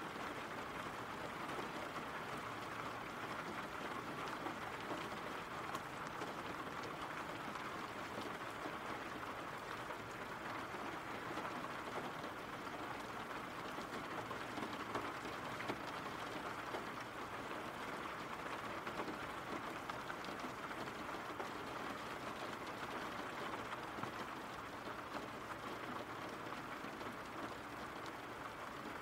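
Steady, dense rain hisses without pause for the whole stretch, a level wash of patter with a faint low rumble underneath.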